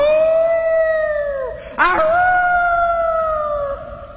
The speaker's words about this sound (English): But his dog was still outside, howling and howling.